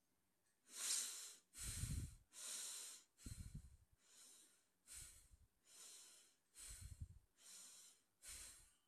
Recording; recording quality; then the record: deep breathing; excellent, no background noise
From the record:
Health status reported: healthy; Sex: male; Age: 21 years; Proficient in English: yes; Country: India